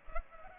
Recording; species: mosquito wingbeat signal from an infrared sensor; Culex pipiens